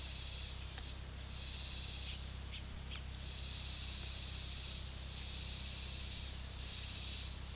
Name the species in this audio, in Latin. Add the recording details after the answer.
Cacicus cela. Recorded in pastures near Puerto Asís, Putumayo, Colombia, on 18 February 2024 at 16:00. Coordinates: 0.486, -76.323. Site G6462